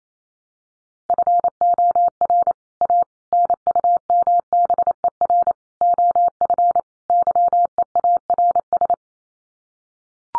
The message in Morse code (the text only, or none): FOR A NUMBER OF YEARS